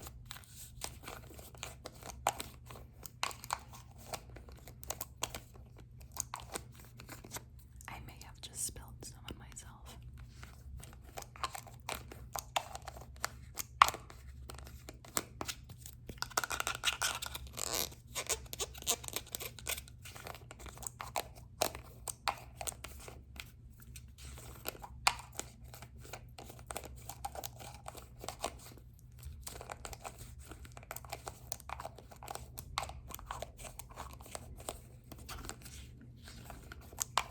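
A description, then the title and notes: Lid sounds fill the recording: a dense, irregular run of small clicks, crinkles and crunchy scrapes, with a busier, louder patch around the middle. A steady low hum sits underneath throughout. ASMR Lid Sounds.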